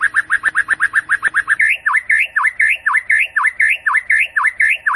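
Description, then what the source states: White-rumped shama song: a fast run of short chirps, then a steady series of clear, down-up swooping whistled notes. Masteran song tutor of a champion white-rumped shama, used for training other birds.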